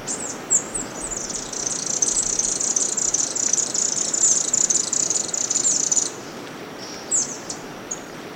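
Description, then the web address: Equatorial Graytail with a loud, very high, dry trill held for about five seconds, then a few short high notes. Recorded in Ecuador. "Birds of Ecuador. Equatorial Graytail"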